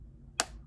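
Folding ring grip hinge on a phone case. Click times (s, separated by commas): 0.4 s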